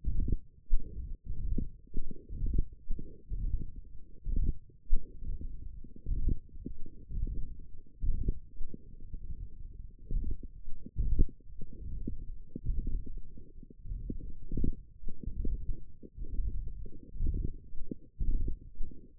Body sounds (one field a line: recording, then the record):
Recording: forearm muscle sounds (acoustic myography)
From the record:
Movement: hand opening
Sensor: system 1, eight BSWA MPA416 microphones around the upper forearm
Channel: 7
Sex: male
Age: 21 years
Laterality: right